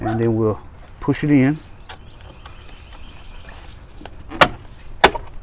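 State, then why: Seated. During a Tuffy hood lock install on a 2007-to-current Jeep JK/JKU, a push-in fastener is pushed into a pilot hole in the vehicle frame. Someone talks at the start, and then the fastener pops into place with a sharp click at 5.1 s, seating it.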